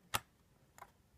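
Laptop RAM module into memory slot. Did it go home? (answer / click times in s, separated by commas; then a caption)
yes / 0.2 s. A laptop RAM stick, the first of two, is slid into its memory slot and pressed down until the retaining clips click. A sharp click at 0.1 s marks the module seating, followed by two fainter ticks near 0.8 s and 1.2 s. The RAM module is seated.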